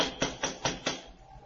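Five quick, evenly spaced knocks on a door, each a sharp, solid thud, followed by a brief quiet stretch with no voices.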